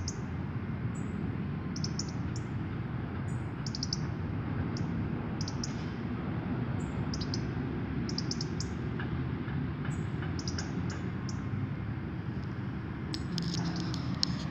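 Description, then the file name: European robin calling with repeated thin, high, brief notes scattered throughout, often in pairs or short bursts, against constant low engine-like rumble. "Erithacus rubecula"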